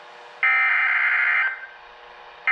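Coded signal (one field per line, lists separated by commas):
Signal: Emergency Alert System (SAME) tones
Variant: header bursts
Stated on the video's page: NOAA Weather Radio Required Weekly Test.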